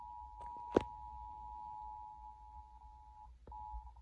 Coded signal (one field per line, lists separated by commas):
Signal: Emergency Alert System (SAME) tones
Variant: 853 and 960 Hz attention tone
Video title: EAS 962: WCTX 59.2 Severe Thunderstorm Warning for 3 Connecticut counties, 6:37 AM 8-18-2023